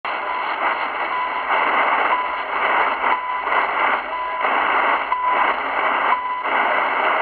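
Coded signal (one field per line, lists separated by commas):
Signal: radio time signal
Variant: CHU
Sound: short 1 kHz beeps once per second, about seven, through heavy shortwave hiss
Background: radio static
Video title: Ultralight SW-DX: Radio Station CHU 14.670 kHz. Canada-Ottawa.[ Señal Horaria ]. NRC. (Primavera).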